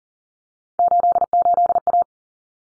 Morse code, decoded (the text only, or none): 88A